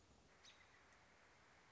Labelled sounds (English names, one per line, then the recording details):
American Robin
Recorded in Sonoma County, California